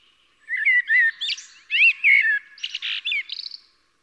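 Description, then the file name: Eurasian blackbird song with rich, warbling flute-like notes that slide up and down, broken by short pauses, finishing in a squeaky, scratchy high twitter. "Koltrast"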